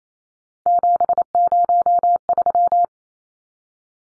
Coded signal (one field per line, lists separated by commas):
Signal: Morse code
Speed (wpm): 28 wpm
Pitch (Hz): 700 Hz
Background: none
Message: 703